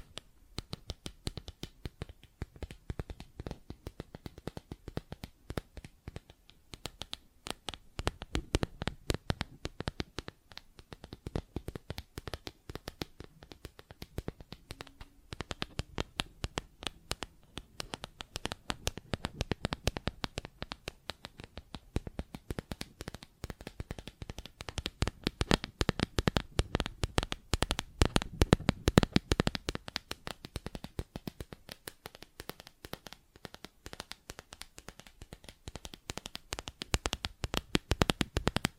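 Plastic objects tap and scratch in dense, irregular clicks throughout, growing louder and busier after about 25 seconds, with a few sharper hits.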